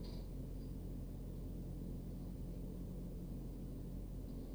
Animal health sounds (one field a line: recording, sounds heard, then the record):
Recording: poultry house recording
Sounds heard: no chicken sound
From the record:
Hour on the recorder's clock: 21